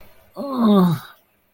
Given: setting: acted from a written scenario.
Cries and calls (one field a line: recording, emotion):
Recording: vocal sound without words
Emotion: pain